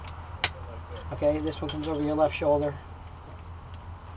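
The right-shoulder belt tongue of a five-point racing harness in a monster truck is pushed into the central metal cam buckle, giving a sharp metallic click at 0.4 s as it pops in and seats. Someone then talks over a steady low hum.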